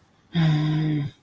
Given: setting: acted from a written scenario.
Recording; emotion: vocal sound without words; anger